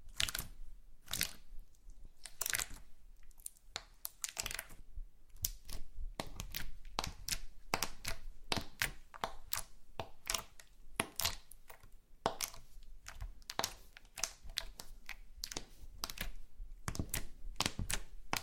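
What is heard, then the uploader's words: Slime being squished and pressed, producing a quick, irregular string of sharp wet clicks and pops that run throughout. The snaps come several per second in uneven clusters, bright and crisp, with a faint low hum underneath between them. ASMR SLIME No Talking Satisfying slime Sounds.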